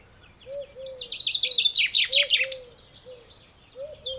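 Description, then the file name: Common chaffinch gives one fast tumbling song phrase, notes descending into a terminal flourish, while low, soft, slurred notes repeat beneath it. "Fringilla coelebs"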